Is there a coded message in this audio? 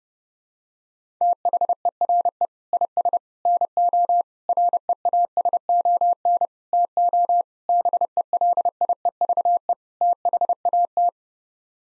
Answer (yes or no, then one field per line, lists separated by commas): yes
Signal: Morse code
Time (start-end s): 1.2-11.1 s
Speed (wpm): 30 wpm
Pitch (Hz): 700 Hz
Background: none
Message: THERE IS NO REASON TO BELIEVE THAT